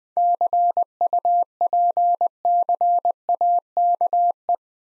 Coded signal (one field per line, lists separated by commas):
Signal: Morse code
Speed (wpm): 20 wpm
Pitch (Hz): 700 Hz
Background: none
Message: CUPCAKE